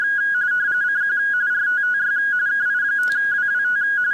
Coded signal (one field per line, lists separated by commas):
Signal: RTTY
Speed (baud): 45.45 baud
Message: CQ RTTY KI5WWT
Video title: Weekly RTTY Contest 4-30-2026